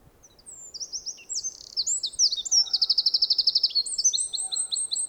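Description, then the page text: Eurasian wren with a rapid, shrill song: quick high notes run into a steady fast trill, then more ringing phrases, over soft background noise. "Голоса птиц - Крапивник"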